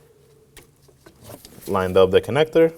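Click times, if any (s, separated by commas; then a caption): none. A wiring harness connector is brought to the vapor canister purge solenoid valve on a 2016-2020 Kia Sorento 2.4L L4 and handled before it is lined up and pushed home, giving faint taps at 0.6, 1.1 and 1.5 seconds. Someone then talks. Nothing has clicked or seated yet.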